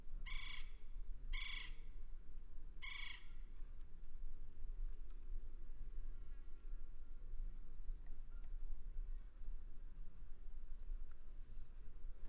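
West Indian woodpecker giving three harsh, nasal call notes at the start, followed by quiet background noise.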